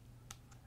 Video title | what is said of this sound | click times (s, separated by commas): Bob Long Insight NG Review, Efficiency & Playing in HD by HustlePaintball.com | of the housing there and it clicks right into place there's actually a spring and a ball bearing | 0.3 s